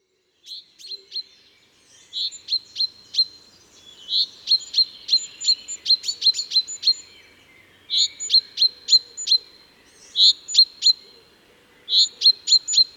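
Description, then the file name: Common chaffinch calling in repeated bursts: a fuller note followed by several sharp, high, clipped notes, in otherwise quiet surroundings. "Fringilla coelebs"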